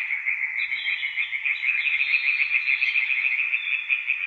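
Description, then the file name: European tree frog giving rapid rasping croaks in a continuous pulsed series. Several tree frogs recorded at Witteveen, Netherlands. "Boomkikkers bij Witteveen - Sound Cloud - luc de bruijn"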